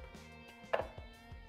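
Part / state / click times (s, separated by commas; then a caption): 3D-printed magnetic gear part into its printed housing with snap tabs / seated / 0.7 s. A 3D-printed plastic part of a magnetic gear drive is pushed into its printed housing and held by snap tabs, clicking into place at 0.7 s with a sharp, loud hit over a steady musical background. The part is seated.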